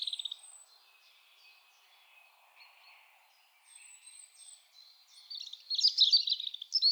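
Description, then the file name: European robin singing a brief high trill, then soft thin notes and a quiet stretch, ending in a rich, fast jumble of high twittering notes. "Erithacus rubecula"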